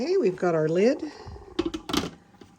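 Someone talks, then a metal lid is handled on an electric pressure cooker pot, producing a few short, sharp clacks and scrapes between about 1.6 and 2.0 seconds. The lid has not locked into place yet; nothing has seated or clicked by the end.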